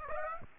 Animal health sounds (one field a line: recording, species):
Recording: mosquito wingbeat signal from an infrared sensor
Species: Aedes aegypti